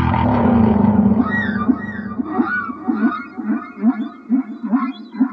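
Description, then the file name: Whale song: a long low rumbling moan gives way to repeated short looping grunts, about two per second, beneath faint higher wavering whistles. "song of the whales"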